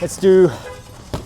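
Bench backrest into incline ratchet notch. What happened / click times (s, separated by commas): Handled, not yet home: no seating click before the clip ends / none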